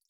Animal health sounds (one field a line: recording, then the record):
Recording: hydrophone in a shrimp aquaculture tank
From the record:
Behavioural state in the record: feeding